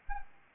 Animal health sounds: mosquito wingbeat signal from an infrared sensor; Anopheles arabiensis

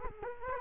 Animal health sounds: mosquito wingbeat signal from an infrared sensor; Culex quinquefasciatus

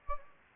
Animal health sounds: mosquito wingbeat signal from an infrared sensor; Anopheles gambiae

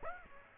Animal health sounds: mosquito wingbeat signal from an infrared sensor; Aedes aegypti

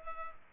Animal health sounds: mosquito wingbeat signal from an infrared sensor; Culex pipiens

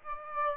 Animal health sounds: mosquito wingbeat signal from an infrared sensor; Aedes aegypti

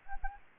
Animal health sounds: mosquito wingbeat signal from an infrared sensor; Anopheles arabiensis

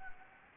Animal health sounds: mosquito wingbeat signal from an infrared sensor; Anopheles gambiae

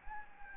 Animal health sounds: mosquito wingbeat signal from an infrared sensor; Anopheles gambiae

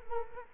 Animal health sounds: mosquito wingbeat signal from an infrared sensor; Culex quinquefasciatus

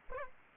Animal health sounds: mosquito wingbeat signal from an infrared sensor; Aedes aegypti

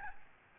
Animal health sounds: mosquito wingbeat signal from an infrared sensor; Aedes albopictus

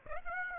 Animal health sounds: mosquito wingbeat signal from an infrared sensor; Aedes aegypti

